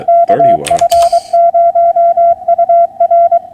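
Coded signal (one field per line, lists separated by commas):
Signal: Morse code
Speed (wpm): 22 wpm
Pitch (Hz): 680 Hz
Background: none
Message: KF0UR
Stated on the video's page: POTA hunting contact converted to CW, on an FT991a with a 55 ft end-fed wire antenna sloping down from 25 feet.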